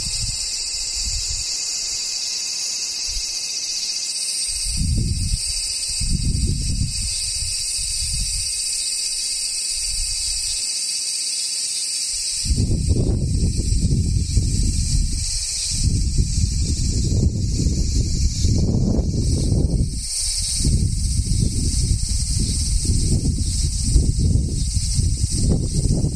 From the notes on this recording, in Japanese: セミ